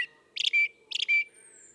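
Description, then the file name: Common blackbird giving two calls, each a rough chattering burst leading into a clear sustained whistle, with a thin high tone trailing afterward. "Turdus merula"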